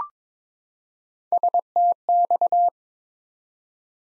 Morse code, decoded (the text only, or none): STX